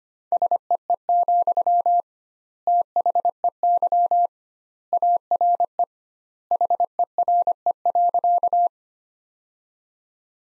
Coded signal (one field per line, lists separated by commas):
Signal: Morse code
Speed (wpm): 25 wpm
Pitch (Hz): 700 Hz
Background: none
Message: SEE, THEY ARE HERE.